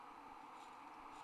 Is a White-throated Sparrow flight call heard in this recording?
no